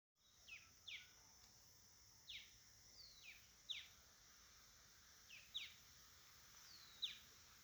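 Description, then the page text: Santa Marta antbird calling with short descending slurred notes, some paired, spaced irregularly throughout above a constant background of insect buzz. Recorded 16 September 2025 at Ciénaga-Minca, Magdalena, Colombia. "Tiluchi De Santa Marta (Drymophila hellmayri). Jorge La Grotteria"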